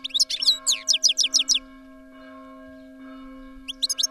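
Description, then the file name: European goldfinch song, quick liquid twittering phrase of sweeping notes, a pause, then another short burst, with a constant low hum throughout. "tengelic"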